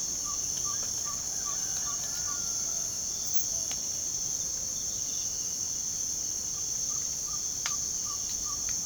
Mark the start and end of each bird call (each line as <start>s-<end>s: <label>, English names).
0.00s-2.45s: Ferruginous Pygmy-Owl
3.43s-3.71s: Tropical Screech-Owl
6.45s-8.86s: Ferruginous Pygmy-Owl